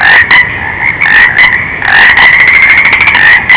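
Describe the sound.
Frog calling: a harsh, rattling croak pulsing almost without a break.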